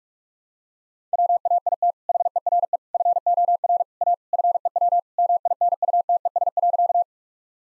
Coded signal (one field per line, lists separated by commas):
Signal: Morse code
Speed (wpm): 46 wpm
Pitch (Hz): 700 Hz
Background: none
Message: WAIT HERE FOR A FEW MINUTES.